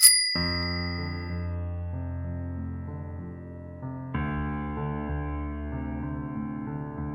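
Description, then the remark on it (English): A single bright, high notification bell ding rings out at the start, then quickly gives way to steady, sustained musical chords that carry on to the end. “Be sure to click the notification bell so you never miss a new song.”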